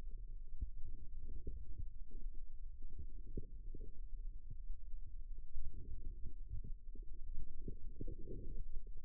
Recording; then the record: forearm muscle sounds (acoustic myography)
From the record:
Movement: outward rotation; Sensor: system 2, bracelet of six BSWA MPA416 microphones around the upper forearm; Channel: 6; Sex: female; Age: 22 years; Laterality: right